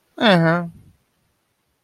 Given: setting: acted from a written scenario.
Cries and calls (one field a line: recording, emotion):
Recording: vocal sound without words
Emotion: neutral